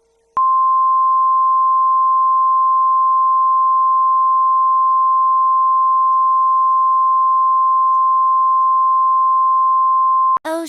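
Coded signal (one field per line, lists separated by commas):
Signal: Emergency Alert System (SAME) tones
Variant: 1050 Hz attention tone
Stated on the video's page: Joke EAS scenario, fictional, with valid tones.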